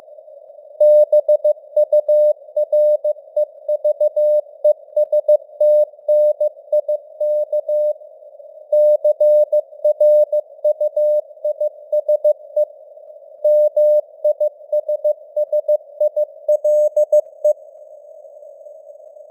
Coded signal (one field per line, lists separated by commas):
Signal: Morse code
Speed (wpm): 15 wpm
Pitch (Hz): 600 Hz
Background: none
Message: BUREVESTNIK CRUISE MISSILE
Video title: Morse Code News | 2025-10-27 | 15wpm